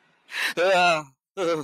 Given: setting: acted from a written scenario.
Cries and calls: vocal sound without words; fear

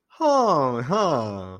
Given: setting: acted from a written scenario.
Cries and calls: vocal sound without words; positive surprise

